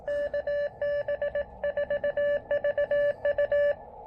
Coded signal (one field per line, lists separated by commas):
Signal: Morse code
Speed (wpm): 20 wpm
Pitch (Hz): 590 Hz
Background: none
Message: KB4VU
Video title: POTA with one-tenth of a watt? Can it be done? Let's make an attempt!